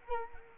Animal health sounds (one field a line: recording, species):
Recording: mosquito wingbeat signal from an infrared sensor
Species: Culex quinquefasciatus